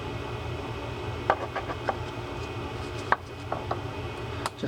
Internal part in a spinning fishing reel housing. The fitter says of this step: try, there we go. I just heard that snap there, so very good.